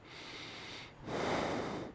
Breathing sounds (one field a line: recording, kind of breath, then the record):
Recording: one breath in and out by a microphone near the nose and mouth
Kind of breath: normal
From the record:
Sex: male